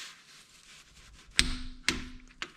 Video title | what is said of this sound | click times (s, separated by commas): How To Change Transmission and Differential Oil - 2008+ STI | just keep going until you hear it click just | 1.4 s, 1.9 s